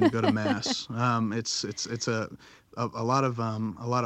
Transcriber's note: laughs